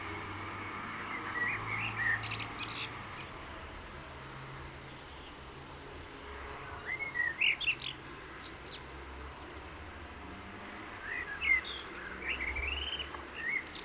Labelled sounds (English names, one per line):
Common Blackbird song